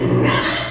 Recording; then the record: squeal of a Yucatan mini pig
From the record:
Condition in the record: before surgery on the right vocal fold (resection and tissue-engineered implant); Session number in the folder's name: 2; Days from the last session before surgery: 0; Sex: male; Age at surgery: 12 weeks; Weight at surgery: 13 kg